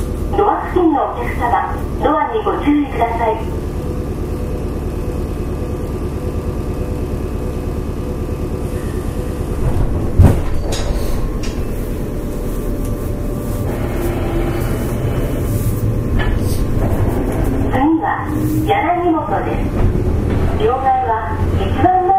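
A JR West 105 series train runs with a steady low rumble and hum throughout. Speech breaks in at the start, up to about 3 seconds, and again from around 18 to 21 seconds. A sharp knock comes near 10 seconds, amid faint rattles.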